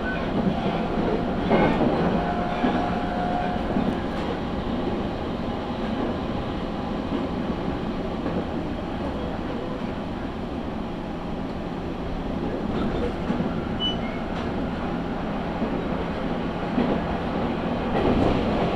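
A train on the Tokaido Line rumbles steadily with a dense, low roar, broken by brief clanks and squeals near the start, middle and end.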